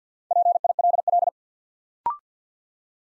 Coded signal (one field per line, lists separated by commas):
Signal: Morse code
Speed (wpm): 50 wpm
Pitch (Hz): 700 Hz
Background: none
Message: PILL